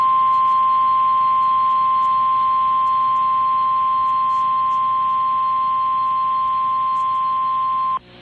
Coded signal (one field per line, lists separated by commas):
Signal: Emergency Alert System (SAME) tones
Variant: 1050 Hz attention tone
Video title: EAS #795-805: NWR and EAS 8 Severe Thunderstorm Warnings and 1 Flash Flood Warning- May 21, 2023